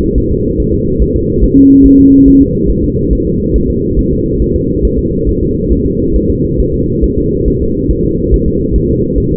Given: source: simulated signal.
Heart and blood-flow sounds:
fetal heart sounds
0.18 s: S1
0.32 s: S2
0.60 s: S1
0.74 s: S2
1.02 s: S1
1.16 s: S2
1.44 s: S1
1.58 s: S2
1.86 s: S1
2.00 s: S2
2.28 s: S1
2.42 s: S2
2.70 s: S1
2.84 s: S2
3.13 s: S1
3.27 s: S2
3.56 s: S1
3.70 s: S2
3.99 s: S1
4.13 s: S2
4.42 s: S1
4.56 s: S2
4.85 s: S1
4.99 s: S2
5.29 s: S1
5.43 s: S2
5.73 s: S1
5.86 s: S2
6.16 s: S1
6.30 s: S2
6.60 s: S1
6.74 s: S2
7.04 s: S1
7.18 s: S2
7.48 s: S1
7.62 s: S2
7.91 s: S1
8.05 s: S2
8.34 s: S1
8.48 s: S2
8.76 s: S1
8.90 s: S2
9.18 s: S1
9.32 s: S2
From the record:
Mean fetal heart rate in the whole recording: 140 bpm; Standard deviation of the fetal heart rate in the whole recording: 2 bpm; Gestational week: 34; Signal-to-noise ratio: -10.2 dB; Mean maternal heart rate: 72 bpm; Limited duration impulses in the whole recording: present

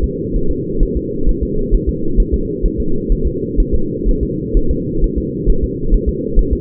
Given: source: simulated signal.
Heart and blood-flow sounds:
fetal heart sounds
0.04 s: S2
0.36 s: S1
0.51 s: S2
0.83 s: S1
0.97 s: S2
1.29 s: S1
1.43 s: S2
1.75 s: S1
1.89 s: S2
2.20 s: S1
2.34 s: S2
2.66 s: S1
2.80 s: S2
3.12 s: S1
3.27 s: S2
3.60 s: S1
3.74 s: S2
4.09 s: S1
4.23 s: S2
4.57 s: S1
4.71 s: S2
5.04 s: S1
5.18 s: S2
5.50 s: S1
5.64 s: S2
5.94 s: S1
6.09 s: S2
6.39 s: S1
6.53 s: S2
From the record:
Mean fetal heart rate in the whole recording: 130 bpm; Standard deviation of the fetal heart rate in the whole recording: 4 bpm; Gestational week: 38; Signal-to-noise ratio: -8.1 dB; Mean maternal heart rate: 72 bpm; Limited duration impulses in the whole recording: present

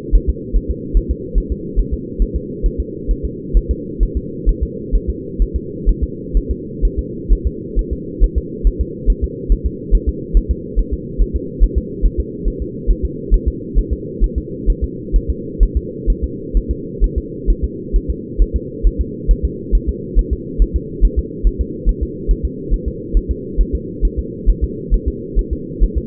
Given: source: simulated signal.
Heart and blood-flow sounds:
fetal heart sounds
0.15 s: S1
0.30 s: S2
0.56 s: S1
0.70 s: S2
0.97 s: S1
1.11 s: S2
1.38 s: S1
1.52 s: S2
1.79 s: S1
1.94 s: S2
2.22 s: S1
2.36 s: S2
2.66 s: S1
2.80 s: S2
3.11 s: S1
3.25 s: S2
3.57 s: S1
3.71 s: S2
4.03 s: S1
4.17 s: S2
4.49 s: S1
4.63 s: S2
4.95 s: S1
5.09 s: S2
5.42 s: S1
5.56 s: S2
5.89 s: S1
6.03 s: S2
6.37 s: S1
6.51 s: S2
6.85 s: S1
6.99 s: S2
7.33 s: S1
7.47 s: S2
7.79 s: S1
7.93 s: S2
8.24 s: S1
8.38 s: S2
8.67 s: S1
8.81 s: S2
9.10 s: S1
9.24 s: S2
9.52 s: S1
9.66 s: S2
9.95 s: S1
10.09 s: S2
10.37 s: S1
10.51 s: S2
10.79 s: S1
10.94 s: S2
11.22 s: S1
11.36 s: S2
11.64 s: S1
11.78 s: S2
12.05 s: S1
12.20 s: S2
12.48 s: S1
12.62 s: S2
12.91 s: S1
13.05 s: S2
13.34 s: S1
13.48 s: S2
13.79 s: S1
13.93 s: S2
14.24 s: S1
14.38 s: S2
14.70 s: S1
14.84 s: S2
15.16 s: S1
15.30 s: S2
15.63 s: S1
15.77 s: S2
16.10 s: S1
16.24 s: S2
16.57 s: S1
16.71 s: S2
17.04 s: S1
17.18 s: S2
17.50 s: S1
17.64 s: S2
17.96 s: S1
18.10 s: S2
18.42 s: S1
18.56 s: S2
18.87 s: S1
19.01 s: S2
19.31 s: S1
19.45 s: S2
19.75 s: S1
19.89 s: S2
20.19 s: S1
20.33 s: S2
20.62 s: S1
20.76 s: S2
21.05 s: S1
21.19 s: S2
21.47 s: S1
21.61 s: S2
21.89 s: S1
22.03 s: S2
22.31 s: S1
22.45 s: S2
22.74 s: S1
22.88 s: S2
23.17 s: S1
23.31 s: S2
23.61 s: S1
23.75 s: S2
24.05 s: S1
24.19 s: S2
24.50 s: S1
24.64 s: S2
24.94 s: S1
25.08 s: S2
25.39 s: S1
25.53 s: S2
25.84 s: S1
25.98 s: S2
From the record:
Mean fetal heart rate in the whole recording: 135 bpm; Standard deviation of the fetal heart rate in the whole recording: 3 bpm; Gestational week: 36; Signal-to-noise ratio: -4.1 dB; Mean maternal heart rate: no maternal heart sound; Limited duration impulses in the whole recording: absent

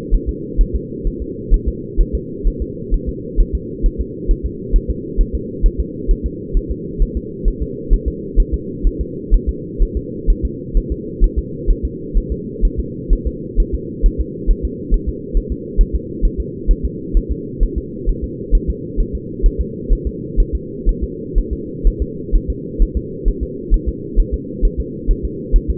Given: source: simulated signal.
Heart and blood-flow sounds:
fetal heart sounds
0.14 s: S1
0.29 s: S2
0.61 s: S1
0.76 s: S2
1.07 s: S1
1.22 s: S2
1.54 s: S1
1.68 s: S2
2.01 s: S1
2.15 s: S2
2.47 s: S1
2.62 s: S2
2.94 s: S1
3.09 s: S2
3.40 s: S1
3.55 s: S2
3.86 s: S1
4.01 s: S2
4.31 s: S1
4.46 s: S2
4.76 s: S1
4.90 s: S2
5.21 s: S1
5.35 s: S2
5.66 s: S1
5.80 s: S2
6.11 s: S1
6.26 s: S2
6.57 s: S1
6.71 s: S2
7.02 s: S1
7.17 s: S2
7.48 s: S1
7.62 s: S2
7.94 s: S1
8.08 s: S2
8.40 s: S1
8.54 s: S2
8.87 s: S1
9.01 s: S2
9.34 s: S1
9.49 s: S2
9.83 s: S1
9.97 s: S2
10.30 s: S1
10.45 s: S2
10.77 s: S1
10.92 s: S2
11.24 s: S1
11.39 s: S2
11.71 s: S1
11.85 s: S2
12.17 s: S1
12.32 s: S2
12.65 s: S1
12.80 s: S2
13.13 s: S1
13.27 s: S2
13.60 s: S1
13.75 s: S2
14.06 s: S1
14.21 s: S2
14.51 s: S1
14.65 s: S2
14.94 s: S1
15.09 s: S2
15.37 s: S1
15.52 s: S2
15.81 s: S1
15.95 s: S2
16.25 s: S1
16.40 s: S2
16.71 s: S1
16.85 s: S2
17.17 s: S1
17.31 s: S2
17.63 s: S1
17.78 s: S2
18.09 s: S1
18.24 s: S2
18.55 s: S1
18.70 s: S2
19.00 s: S1
19.15 s: S2
19.46 s: S1
19.61 s: S2
19.93 s: S1
20.07 s: S2
20.40 s: S1
20.55 s: S2
20.89 s: S1
21.04 s: S2
21.38 s: S1
21.53 s: S2
21.87 s: S1
22.02 s: S2
22.35 s: S1
22.50 s: S2
22.82 s: S1
22.97 s: S2
23.28 s: S1
23.43 s: S2
23.74 s: S1
23.89 s: S2
24.20 s: S1
24.34 s: S2
24.65 s: S1
24.80 s: S2
25.11 s: S1
25.25 s: S2
25.56 s: S1
25.70 s: S2
From the record:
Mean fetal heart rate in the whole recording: 130 bpm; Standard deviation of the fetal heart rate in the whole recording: 4 bpm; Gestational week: 38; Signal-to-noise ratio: -4.1 dB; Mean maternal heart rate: no maternal heart sound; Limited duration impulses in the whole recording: absent

